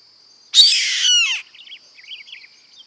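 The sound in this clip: Bird giving a single harsh, rasping screech lasting about a second that ends in a falling slur, followed by faint soft chirps, with a thin steady high whine behind.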